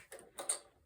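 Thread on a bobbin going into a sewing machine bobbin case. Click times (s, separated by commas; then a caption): 0.5 s. A bobbin with thread is dropped into a sewing machine's bobbin case. Small taps and light rustling are heard, followed by a sharp click at 0.5 seconds as the thread clicks into the bobbin case slot and seats.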